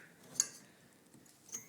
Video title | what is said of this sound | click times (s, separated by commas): CPU and heatsink install. | until you hear a little click. | 0.4 s